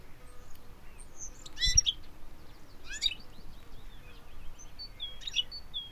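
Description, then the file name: European goldfinch calls: three bursts of bright, twittering notes, with faint thin chirps between them and low background noise. "Carduelis carduelis"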